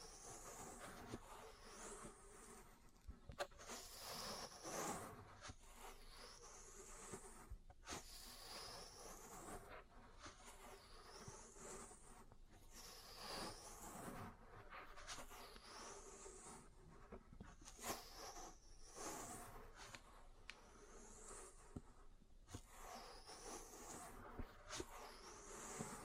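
Ear cleaning and massage sounds: soft rubbing and brushing with bright, whooshing sweeps that rise and fall, repeating roughly every two seconds. Sharp taps and clicks punctuate the strokes throughout, over a steady low rumble.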